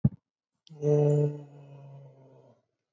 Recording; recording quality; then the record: sustained vowel as in boot; excellent, no background noise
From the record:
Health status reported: COVID-19 positive, mild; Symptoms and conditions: cough, fever, fatigue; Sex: male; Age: 62 years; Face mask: not worn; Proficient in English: yes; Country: India